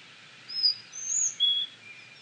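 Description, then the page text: Collared flycatcher giving three high, clear whistled notes in quick succession, the middle one longest and slightly wavering. "Jelmer Poelstra - Мухоловка-белошейка (Ficedula albicollis)"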